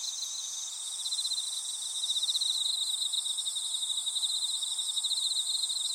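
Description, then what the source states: Insect chorus, a rapid rhythmic pulsing trill over a persistent high-pitched drone. Insects calling in a grassy patch.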